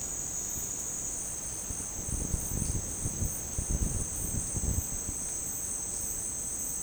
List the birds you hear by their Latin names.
none